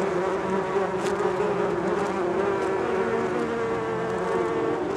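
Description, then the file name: Bees droning continuously, many wings humming together at a steady pitch with faint shifting overtones and no pauses. "benboncan bees"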